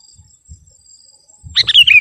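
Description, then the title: Sooty-headed bulbul singing a single brisk, liquid phrase of tumbling notes after a quiet start, with a faint high whine behind. "kutilang"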